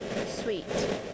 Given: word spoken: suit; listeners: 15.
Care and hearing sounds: one English word in noise, from a listening test; noise modulated by three-talker babble; -4.6 dB; 0 of 15; 15 of 15; 0.74 s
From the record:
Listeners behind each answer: 15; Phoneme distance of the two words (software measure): 17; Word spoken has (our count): 1 syllable, 3 phonemes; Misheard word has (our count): 1 syllable, 4 phonemes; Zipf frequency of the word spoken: 4.59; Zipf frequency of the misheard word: 4.98

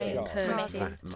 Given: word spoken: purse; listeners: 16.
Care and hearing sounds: one English word in noise, from a listening test; four-talker babble; -2.9 dB; 0 of 16; 6 of 16; 0.76 s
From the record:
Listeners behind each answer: 6, 2, 2, 1, 1, 1, 1, 1, 1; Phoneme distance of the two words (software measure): 48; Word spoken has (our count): 1 syllable, 3 phonemes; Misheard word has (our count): 3 syllables, 7 phonemes, stress on syllable 2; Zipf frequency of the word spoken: 3.92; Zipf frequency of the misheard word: 3.40

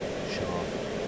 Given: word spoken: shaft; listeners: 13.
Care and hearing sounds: one English word in noise, from a listening test; speech-shaped noise; -5.6 dB; 0 of 13; 12 of 13; 0.68 s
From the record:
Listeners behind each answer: 12, 1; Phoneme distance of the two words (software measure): 17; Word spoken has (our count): 1 syllable, 4 phonemes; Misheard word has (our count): 1 syllable, 3 phonemes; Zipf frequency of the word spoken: 3.60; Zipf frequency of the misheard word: 4.55

